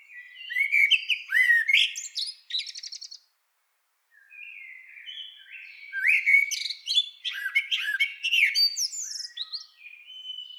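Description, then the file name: Eurasian blackbird singing: a low mellow fluted warble trailing into a squeaky, high twittered ending, then after a pause another warbled phrase breaking into chattering high notes. "Turdus merula"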